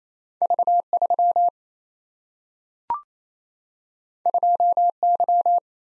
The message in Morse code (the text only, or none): V3 2Y